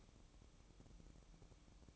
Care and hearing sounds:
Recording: daily activity, microphone in the room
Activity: light off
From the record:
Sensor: 1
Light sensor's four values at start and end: 9/20/8/9 and 9/20/8/9

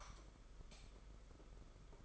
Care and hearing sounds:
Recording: daily activity, microphone in the room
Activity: light off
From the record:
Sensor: 5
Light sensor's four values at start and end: 19/48/19/21 and 18/42/17/19

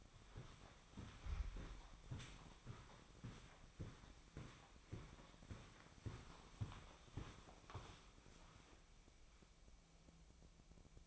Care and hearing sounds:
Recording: daily activity, microphone in the room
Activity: walk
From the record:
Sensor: 1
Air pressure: 1009.3 hPa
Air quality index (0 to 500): 184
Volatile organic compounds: 4 ppm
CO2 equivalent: 1557 ppm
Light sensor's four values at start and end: 53/141/58/71 and 52/140/57/70

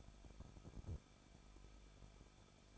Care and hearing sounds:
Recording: daily activity, microphone in the room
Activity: no activity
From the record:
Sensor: 5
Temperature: 20.8 degrees Celsius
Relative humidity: 38.3%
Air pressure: 1006.4 hPa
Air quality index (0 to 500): 188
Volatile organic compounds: 19 ppm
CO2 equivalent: 2645 ppm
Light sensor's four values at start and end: 2/3/1/1 and 2/3/1/1

